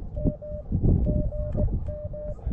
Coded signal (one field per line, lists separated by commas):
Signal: Morse code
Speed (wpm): 19 wpm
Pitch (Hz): 600 Hz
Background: none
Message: M GM